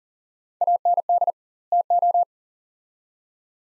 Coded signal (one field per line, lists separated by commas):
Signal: Morse code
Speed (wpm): 40 wpm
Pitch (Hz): 700 Hz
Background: none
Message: AND TO